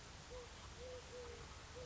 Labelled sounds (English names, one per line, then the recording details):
Eurasian Collared Dove
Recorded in Sonoma County, California